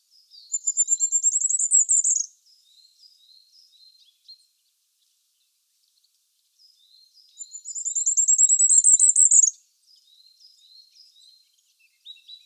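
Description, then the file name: Firecrest song: two thin, very high strophes of rapid notes rising to a brief flourish, several seconds apart, with faint soft high notes in between. "ROITELET TRIPLE NORMAL MONO"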